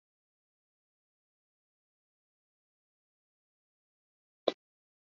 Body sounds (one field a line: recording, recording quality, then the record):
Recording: shallow breathing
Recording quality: poor, much background noise or distortion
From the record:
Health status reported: COVID-19 positive, moderate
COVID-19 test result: positive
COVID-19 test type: RT-PCR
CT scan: taken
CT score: 1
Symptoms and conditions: breathing difficulty, hypertension, diabetes, ischaemic heart disease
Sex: male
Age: 40 years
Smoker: no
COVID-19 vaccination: both doses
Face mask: not worn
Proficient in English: no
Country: India